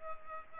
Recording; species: mosquito wingbeat signal from an infrared sensor; Culex pipiens